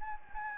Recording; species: mosquito wingbeat signal from an infrared sensor; Anopheles gambiae